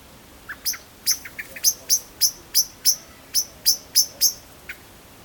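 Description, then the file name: Eurasian blackbird making a rapid series of crisp, high clicking notes that start softly and settle into an even rhythm of roughly three per second. "Turdus merula"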